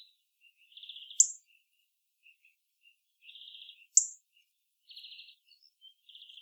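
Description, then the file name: European robin giving two isolated sharp high ticks amid soft, rapid twittering phrases repeated throughout. "Erithacus rubecula"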